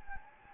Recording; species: mosquito wingbeat signal from an infrared sensor; Anopheles gambiae